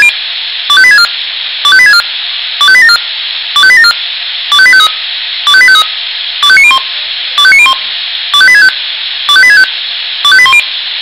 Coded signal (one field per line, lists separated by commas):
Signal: five-tone selective call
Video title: Probealarm Swissphone Quattro XL+ Funkmeldeempfänger